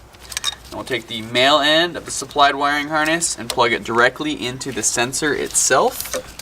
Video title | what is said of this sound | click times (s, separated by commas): Porsche Macan 2.0L Turbo RaceChip Tuning Installation | it directly in to the OEM sensor plug you just unplugged push it in until it clicks | 0.3 s, 0.4 s